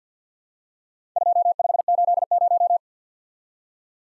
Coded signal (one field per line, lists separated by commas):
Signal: Morse code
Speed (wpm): 47 wpm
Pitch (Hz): 700 Hz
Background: none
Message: 2580